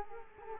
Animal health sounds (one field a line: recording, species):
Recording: mosquito wingbeat signal from an infrared sensor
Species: Culex quinquefasciatus